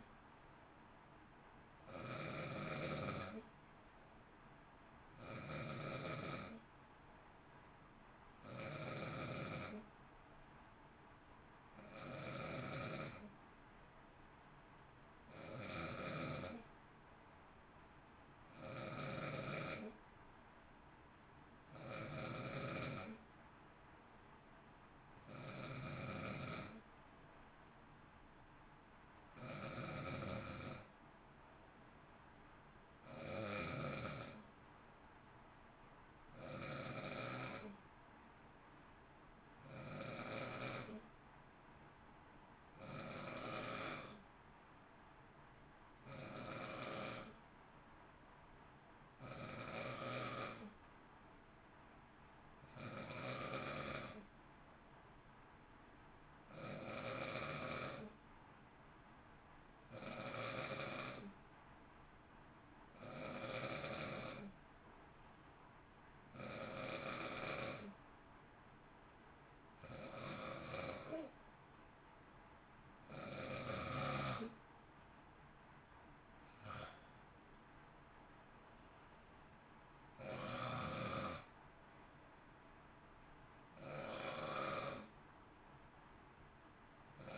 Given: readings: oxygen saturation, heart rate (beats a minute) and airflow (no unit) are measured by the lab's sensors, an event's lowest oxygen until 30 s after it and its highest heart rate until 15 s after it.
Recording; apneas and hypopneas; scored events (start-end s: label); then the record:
breathing in sleep by a voice recorder at the bedside; 1
26.00-52.70 s: hypopnea (N2, oxygen 93% highest, then 91% lowest, heart rate 55 at the start, 57 highest)
From the record:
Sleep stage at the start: N2 (light sleep); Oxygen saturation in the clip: 91 to 93%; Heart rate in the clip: 53 to 60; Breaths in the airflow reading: 30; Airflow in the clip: -0.6 to 0.6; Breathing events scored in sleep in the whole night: 328 in 6.3 hours asleep